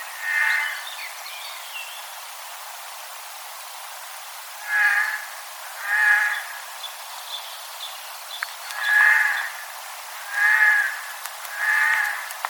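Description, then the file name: Eurasian jay giving harsh, rasping screeches, six separate calls spaced irregularly about one to four seconds apart, with faint twittering from other birds early on. "Garrulus glandarius"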